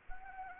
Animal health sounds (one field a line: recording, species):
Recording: mosquito wingbeat signal from an infrared sensor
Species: Anopheles arabiensis